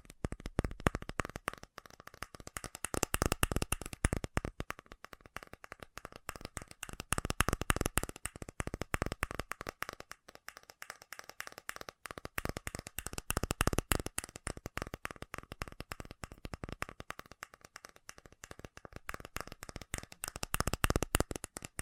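Fast tapping runs the whole way through as a dense stream of sharp, clicky hits, full from low thuds to bright ticks. The pace swells and thins in bursts, easing briefly around eleven seconds. A faint steady tone sits underneath.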